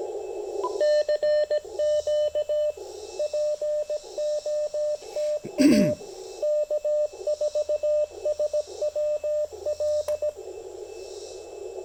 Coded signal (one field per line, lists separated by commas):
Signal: Morse code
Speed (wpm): 17 wpm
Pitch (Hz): 600 Hz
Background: radio noise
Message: CQ POTA K4SWL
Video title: POTA Field Report: Making the most of 28.5' of speaker wire and 5 watts!